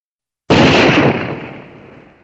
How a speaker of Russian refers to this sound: Раздался второй выстрел.